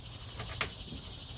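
A wiring harness plug is pushed back into the inner tail light assembly of a Tesla Model 3 after the light is refitted. Over a steady background hiss, a faint tick comes at about 0.4 s, then one sharp, bright click at 0.6 s. The connector seats at that click.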